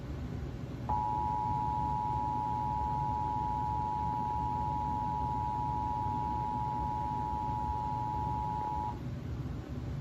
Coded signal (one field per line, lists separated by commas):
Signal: Emergency Alert System (SAME) tones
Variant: 853 and 960 Hz attention tone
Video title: Texas Required Monthly Test for May on KDFW-TV 4.1 (EAS #343)